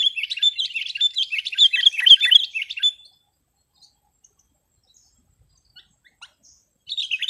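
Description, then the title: Sooty-headed bulbul song: a three-second burst of lively chattering notes, followed by silence with a few faint clicks, then a short renewed phrase. "kutilang"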